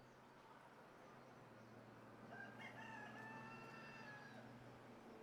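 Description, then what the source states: Rooster giving a drawn-out harmonic crow in the middle, over a steady low hum and faint background noise. Country atmosphere.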